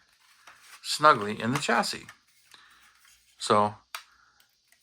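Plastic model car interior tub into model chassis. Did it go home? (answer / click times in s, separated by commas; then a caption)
yes / 4.0 s. Someone talks while a plastic interior tub from an AMT 2018 Dodge Challenger Demon Diolex conversion scale model car kit, ground down to fit, is pressed into the plastic chassis. A sharp snap is heard at 4.0 s, and the tub seats into place, though it is still a little tight.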